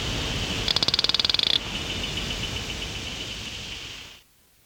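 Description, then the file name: Hosmer's frog calling: a rapid train of many high, clicking pulses lasting under a second, over steady loud background hiss that later cuts off. "Cophixalus hosmeri"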